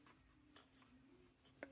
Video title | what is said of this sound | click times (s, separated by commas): Velux Skylight Blind Repair | and then hear a click. That's in. | 1.6 s